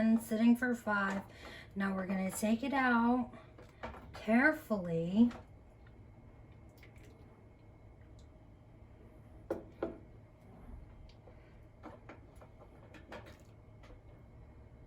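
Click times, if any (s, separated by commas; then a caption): none. Someone talks while jars of guava jam are lifted carefully out of a water bath, followed by a few soft knocks and light clinks at about 9.5, 9.8, 12.1 and 13.1 seconds. A metal canning lid sits on a glass jam jar as the jars cool. Nothing has sealed or clicked yet.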